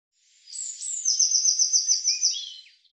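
Eurasian blue tit gives a single song phrase: thin high notes leading into an even trill lasting under two seconds, ending with a soft lower note.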